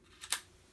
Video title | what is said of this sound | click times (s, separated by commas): Unboxing the "Zelda Machine"!!! | a nice satisfying click noise I like that | 0.3 s